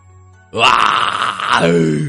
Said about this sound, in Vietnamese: Các tiếng gầm cuối cùng trầm uất